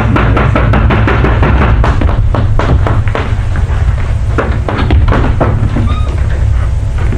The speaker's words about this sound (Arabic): ويحك يا غلام، انظر من يدق الباب بهذه الصورة المزعجة.